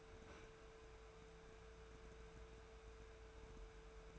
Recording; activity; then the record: daily activity, microphone in the room; open fridge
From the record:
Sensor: 2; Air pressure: 1014.8 hPa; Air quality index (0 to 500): 194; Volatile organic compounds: 17 ppm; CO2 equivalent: 2568 ppm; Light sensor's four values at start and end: 8/20/8/8 and 8/20/8/8